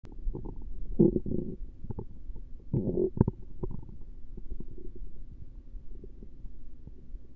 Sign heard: Stomach Rumbling Gurgles.